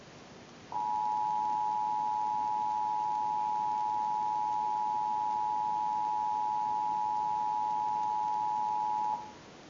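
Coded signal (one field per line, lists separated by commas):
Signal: Emergency Alert System (SAME) tones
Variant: 853 and 960 Hz attention tone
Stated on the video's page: Compilation of real EAS captures.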